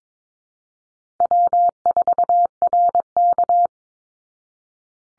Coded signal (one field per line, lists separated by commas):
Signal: Morse code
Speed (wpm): 22 wpm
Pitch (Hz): 700 Hz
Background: none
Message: W4RK